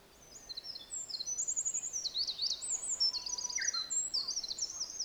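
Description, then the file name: Olive-backed Pipit song: a rapid run of high, thin, buzzy trills and twittering phrases, each short and sliding into the next. Recorded at Mt Hinoki. "Indian Tree Pipit At Mt Hinoki"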